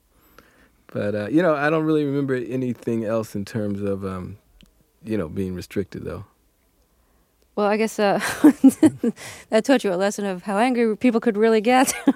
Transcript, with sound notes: But, you know, I don't really remember anything else in terms of, you know, being restricted, though.
Well, I guess (laughs) that taught you a lesson of how angry people could really get.